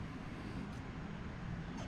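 A flat plastic tail light cover piece is handled against the outer driver-side tail light lens of a C8 Corvette, with steady low background rumble and faint handling noises. Nothing has seated or clicked yet; the cover is not yet home.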